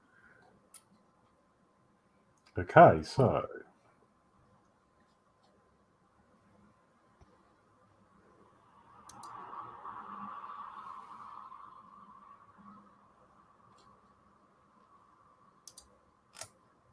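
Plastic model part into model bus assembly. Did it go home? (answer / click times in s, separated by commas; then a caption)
no / none. A plastic part of a model bus is handled during assembly. Someone talks briefly, then a soft rustling hum fills the middle of the clip, and small sharp ticks occur near the start, middle and end. Nothing has seated or clicked yet.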